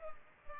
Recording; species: mosquito wingbeat signal from an infrared sensor; Culex pipiens